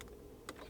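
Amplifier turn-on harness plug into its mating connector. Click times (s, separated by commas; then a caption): 0.5 s. The amplifier turn-on wire connector of a radio harness is pushed into its mating plug during a radio install in a 2009–2015 VW CC with Dynaudio and a backup camera. The connection lets the radio send a 12-volt signal to turn on the factory amplifier, which the car needs even though it also has a digital turn-on. After faint ticks at 0.0 and 0.1 seconds over low hum, a sharp click at 0.5 seconds shows the connector seating.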